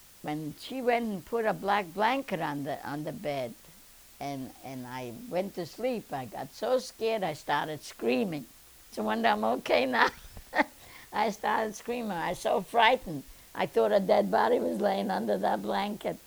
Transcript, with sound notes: When she went and put a black blanket on the bed and I went to sleep, I got so scared I started screaming. It's a wonder I'm okay now. ( she laughs ) I started screaming. I was so frightened, I thought a dead body was laying under that blanket.